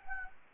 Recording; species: mosquito wingbeat signal from an infrared sensor; Anopheles gambiae